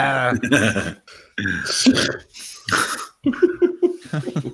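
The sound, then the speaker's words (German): A run of loud, throaty burps during a livestream comes in four drawn-out bursts, each a rough voiced croak with short silent gaps between them. “In Stream rülpsen oder so.”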